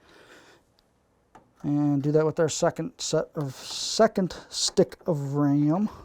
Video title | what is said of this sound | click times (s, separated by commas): Lenovo IdeaCentre 5i Massive Upgrade and how to install a GPU, AIO & Noctua CPU Cooler, Ram & SSD, | good even pressure. You'll hear a click. | 1.4 s